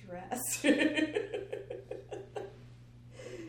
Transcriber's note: laughs